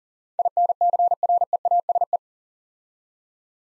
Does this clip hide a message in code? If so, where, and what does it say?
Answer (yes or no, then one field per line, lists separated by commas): yes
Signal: Morse code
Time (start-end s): 0.4-2.2 s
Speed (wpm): 40 wpm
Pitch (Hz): 700 Hz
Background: none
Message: INCREASE